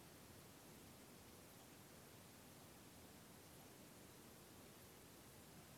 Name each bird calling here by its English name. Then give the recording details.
none. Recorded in France